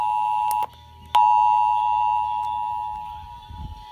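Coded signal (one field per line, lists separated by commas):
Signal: Emergency Alert System (SAME) tones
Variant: 853 and 960 Hz attention tone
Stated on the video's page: Monthly test tones relayed by several Pennsylvania FM radio stations; one station failed to relay the test.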